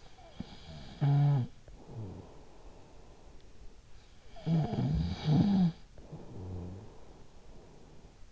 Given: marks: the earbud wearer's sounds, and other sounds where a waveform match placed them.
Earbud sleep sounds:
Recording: sounds in sleep by an in-ear microphone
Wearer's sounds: snoring breath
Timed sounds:
0.00-3.00 s: snoring breath
3.77-8.11 s: snoring breath

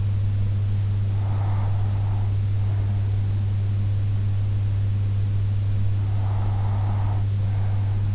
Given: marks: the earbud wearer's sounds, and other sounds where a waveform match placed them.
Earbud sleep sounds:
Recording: sounds in sleep by an in-ear microphone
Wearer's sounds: breath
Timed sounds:
1.14-3.14 s: breath
6.14-8.14 s: breath

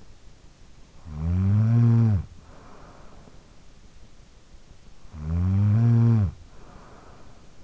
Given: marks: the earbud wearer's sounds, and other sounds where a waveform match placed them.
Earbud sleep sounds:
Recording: sounds in sleep by an in-ear microphone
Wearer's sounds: snoring breath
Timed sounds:
0.65-3.62 s: snoring breath
4.68-7.64 s: snoring breath

